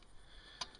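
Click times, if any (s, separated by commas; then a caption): 0.6 s. The slotless front door panel with the feed port locks into the body of a flat-pack stainless steel Emberlit wood-burning camp stove as the stove is torqued ever so slightly. A single sharp metallic tick at 0.6 s marks the panel seating, with a few faint ticks around it against a quiet background.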